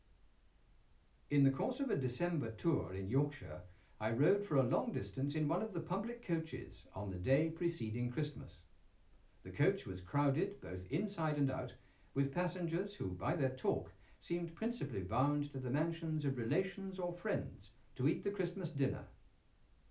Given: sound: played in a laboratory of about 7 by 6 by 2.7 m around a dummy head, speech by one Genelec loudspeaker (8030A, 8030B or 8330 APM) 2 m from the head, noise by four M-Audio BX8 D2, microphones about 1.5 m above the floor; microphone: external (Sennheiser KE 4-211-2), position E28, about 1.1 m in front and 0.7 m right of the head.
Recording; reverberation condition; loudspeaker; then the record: male speech in English; low; behind (180 degrees)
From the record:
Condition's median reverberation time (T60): about 310 ms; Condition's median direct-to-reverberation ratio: about 3.5 dB